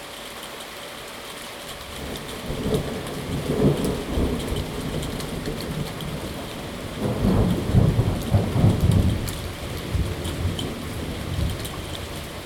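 A thunderstorm in Salem, Oregon, with steady rain hissing and pattering throughout. Low thunder rumbles roll in around two to six seconds and again, louder, from about seven to ten seconds, fading toward the end. A faint steady tone hums underneath.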